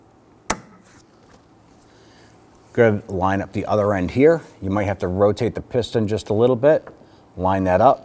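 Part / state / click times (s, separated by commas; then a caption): hood lift support socket end onto ball stud / seated / 0.5 s. The socket end of a new hood lift support for a 2011-2021 Jeep Grand Cherokee, with its clip already installed, is lined up and pushed onto the ball stud, giving a single sharp, loud snap at 0.5 s as it seats. After a quiet stretch, someone talks from about 2.8 s to the end.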